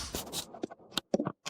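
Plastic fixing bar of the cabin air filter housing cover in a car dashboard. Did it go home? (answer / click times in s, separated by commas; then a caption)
yes / 1.0 s, 1.1 s. A plastic fixing bar on a VW cabin air filter housing cover, located under the glovebox in the car dashboard, is slid fully to the left with scraping and rubbing sounds. It latches with distinct clicks at 1.0 s and 1.1 s, and a few more light knocks follow. The bar is seated and secured in place.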